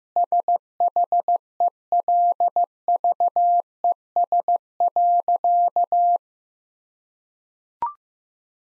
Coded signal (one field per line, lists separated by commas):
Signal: Morse code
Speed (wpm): 15 wpm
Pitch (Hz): 700 Hz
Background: none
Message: SHELVES.